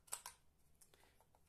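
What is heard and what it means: A pistol magazine is pushed into the magazine well and gives a sharp click at 0.1 s, followed by fainter clicks around 0.3, 0.8 and 0.9 s. The magazine stops partway, caught short on the retention part instead of locking home, so it is not fully seated.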